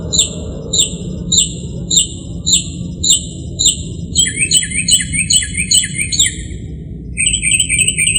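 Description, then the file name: Northern mockingbird song: a downslurred whistle repeated about every half second, then a shift to rapid twittering phrases and a closing series of rapid notes. "kicauan-burung-northern-mockingbird -omkicau"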